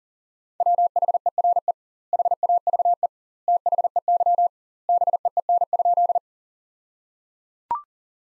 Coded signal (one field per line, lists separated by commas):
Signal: Morse code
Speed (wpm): 37 wpm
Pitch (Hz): 700 Hz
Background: none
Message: WHERE HAVE THEY BEEN?